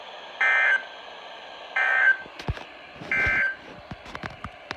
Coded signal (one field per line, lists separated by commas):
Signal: Emergency Alert System (SAME) tones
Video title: CHAOS at SCHOOL!!! 8/11/21 [EAS Alerts 74 - 76]